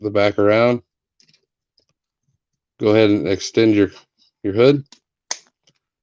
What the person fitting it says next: you'll hear it lock in place